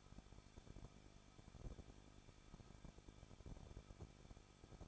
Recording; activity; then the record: daily activity, microphone in the room; no activity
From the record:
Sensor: 5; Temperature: 20.9 degrees Celsius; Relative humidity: 38.2%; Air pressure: 1006.4 hPa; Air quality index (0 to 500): 189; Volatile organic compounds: 19 ppm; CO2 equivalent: 2663 ppm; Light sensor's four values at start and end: 2/3/1/1 and 2/3/1/1